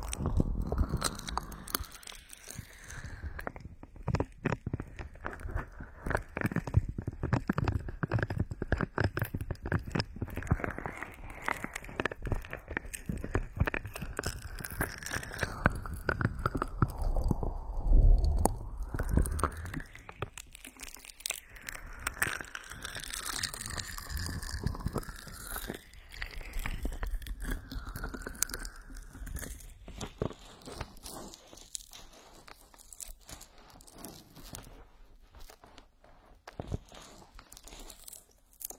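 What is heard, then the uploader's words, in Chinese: Oily hands rub and massage against the ears, a dense, continuous run of slick crackling and soft crinkling friction. Low thumps and squelches come heavier in the first twenty seconds, then the rubbing turns lighter and airier with brief sweeping strokes. 精油揉搓耳朵。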